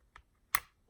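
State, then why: Partly seated. A Glock 43X pistol slide is eased back on its frame to the takedown position during disassembly, stopping at the first detent click rather than full travel before the takedown lever is pulled down on both sides. A sharp, bright click lands at 0.55 s, with fainter ticks around 0.2 s and 0.9 s. The slide reaches only its first click, not full travel.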